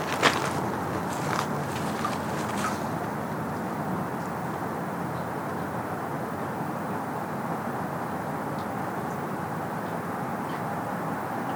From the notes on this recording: Trek over the creek and through the woods (and field) on a simple trail in Wahlfield Park.